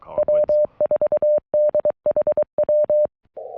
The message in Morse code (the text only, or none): W4DHW